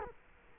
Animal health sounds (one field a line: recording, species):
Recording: mosquito wingbeat signal from an infrared sensor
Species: Culex quinquefasciatus